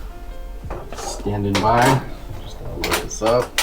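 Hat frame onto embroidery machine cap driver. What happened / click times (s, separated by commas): The frame is handled but has not yet clicked into place / none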